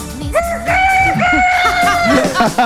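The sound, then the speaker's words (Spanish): A rooster crows once, a long, high, sustained call that rises at the start and trails off at the end, with a low murmur of background sound underneath. “Y el gallo.”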